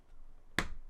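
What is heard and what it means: A plastic building brick is pressed onto another brick and snaps firmly together with one loud, crisp snap at 0.6 s. The brick is seated. Only faint low background noise comes before the snap, and its brief ring fades away after it.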